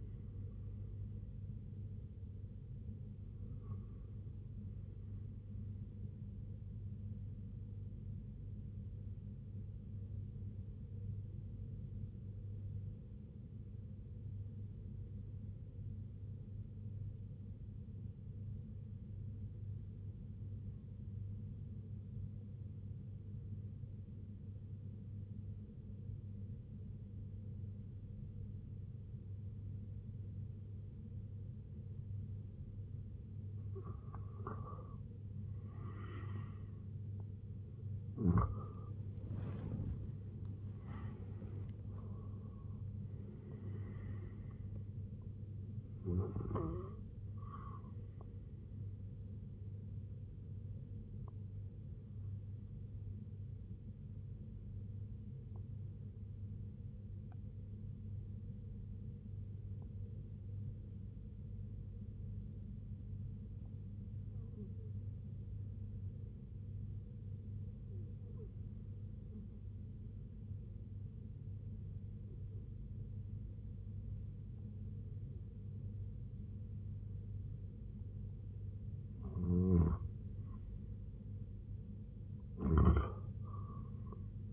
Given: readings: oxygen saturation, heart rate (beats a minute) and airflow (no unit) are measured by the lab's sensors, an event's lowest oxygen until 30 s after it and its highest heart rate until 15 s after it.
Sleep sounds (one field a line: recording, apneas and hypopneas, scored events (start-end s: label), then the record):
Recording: breathing in sleep by a smartphone at the bedside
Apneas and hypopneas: 2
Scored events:
9.00-33.80 s: obstructive apnea (REM, oxygen 96% highest, then 85% lowest, heart rate 67 at the start, 92 highest)
57.00-79.70 s: obstructive apnea (REM, oxygen 96% highest, then 86% lowest, heart rate 69 at the start, 89 highest)
From the record:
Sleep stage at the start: REM sleep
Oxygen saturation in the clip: 85 to 96%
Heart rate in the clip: 65 to 92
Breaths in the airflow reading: 8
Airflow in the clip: -9.4 to 7.5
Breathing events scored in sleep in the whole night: 258 in 7.4 hours asleep